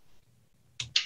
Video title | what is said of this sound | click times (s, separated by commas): Handgun Cleaning Techniques - A Comprehensive Beginner's Guide | so when you do that you kind of nudge that shelf just a little bit all right and you'll feel that click yeah | 0.8 s, 1.0 s